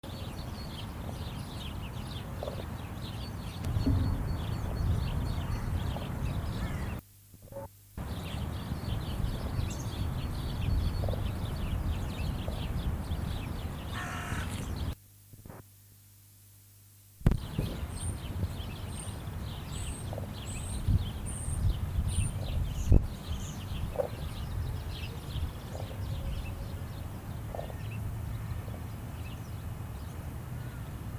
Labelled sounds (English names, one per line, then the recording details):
White-naped Crane
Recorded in captivity
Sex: pair
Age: adult
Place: Tiergarten Wilhelma/Stuttgart, Baden-Württemberg, DE
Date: 2005-03-14 12:09
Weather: heiter, 4-8°C
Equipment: Sony WM-D6C, Sony ECM-MS 907, Kopie Uher 4000 Report Monitor
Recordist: Tembrock, Günter
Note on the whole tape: Paar: Kurzlaute und Duett-Rufen